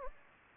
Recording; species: mosquito wingbeat signal from an infrared sensor; Anopheles gambiae